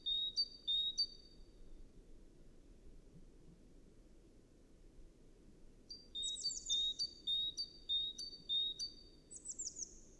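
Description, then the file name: Great tit calls: a few two-note whistles, then a silent gap of several seconds, then rapid repeated high-low whistles mixed with thin descending high notes. "Parus major"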